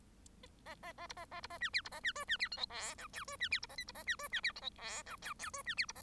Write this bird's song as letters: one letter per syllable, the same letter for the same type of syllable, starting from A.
A A A B A A B A C D B A C E C D F G H I J E C D B A K B A C E C D F G H I J J E C D B A